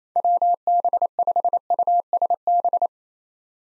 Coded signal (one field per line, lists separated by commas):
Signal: Morse code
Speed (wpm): 28 wpm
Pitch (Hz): 700 Hz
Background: none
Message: WB5USB